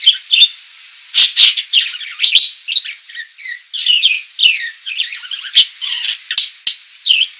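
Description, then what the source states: Budgerigar chattering in rapid, buzzy chirps and scratchy warbled notes, a busy unbroken stream of short squeaky calls throughout. Female.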